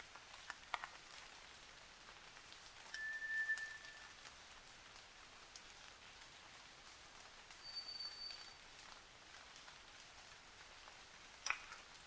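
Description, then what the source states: White's thrush song, faint: a level whistle, a long pause, then a higher thin whistle, over steady rain patter and a sharp knock near the end. At night, 29 June 2009, 23:14.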